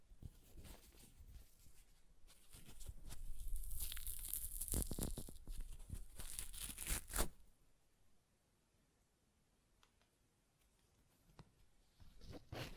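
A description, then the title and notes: Paper is torn in a run of bursts between about two and seven seconds, the rip building into a loud, bright, dense crackle with sharp crunchy spikes. Before it come a few softer rustles, and after a near-silent pause, faint crinkles return near the end. ASMR Paper Ripping Tearing Sounds (No Talking).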